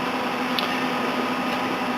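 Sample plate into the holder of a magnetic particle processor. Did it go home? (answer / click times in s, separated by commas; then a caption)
yes / 0.6 s. A well plate is lined up on the rotating table of a KingFisher Duo magnetic particle processor using two pins and matching holes, then pressed down into the sample plate holder. Over a steady broadband hum with a low tone, a short sharp snap is heard at 0.6 s as the plate seats in position, snapping in easily.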